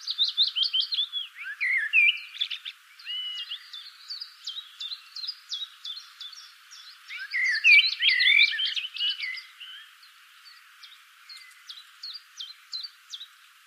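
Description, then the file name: Common blackbird calls: steady train of short, high, sharp chirps, interrupted by two louder tangles of squeaky, warbled notes. "Turdus merula"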